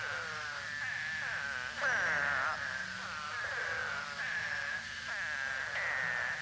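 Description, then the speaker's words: Eastern spadefoots calling together, many overlapping moaning calls that slur downward. Florida, common in upland habitats statewide; distinctive call not often heard; calls only a few days after torrential rains, mostly late winter or early spring, but after heavy rains in any season. "Spadefoots usually call for only a few days following torrential rains."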